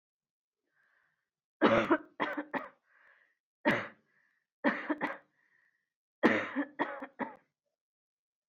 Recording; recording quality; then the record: heavy voluntary cough; excellent, no background noise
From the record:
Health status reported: exposed to COVID-19, no respiratory illness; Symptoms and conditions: cough, muscle pain, loss of smell and taste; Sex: female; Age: 27 years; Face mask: not worn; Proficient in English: yes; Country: India